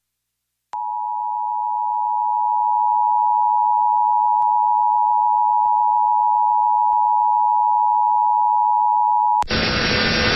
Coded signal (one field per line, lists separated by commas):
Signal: Emergency Alert System (SAME) tones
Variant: 853 and 960 Hz attention tone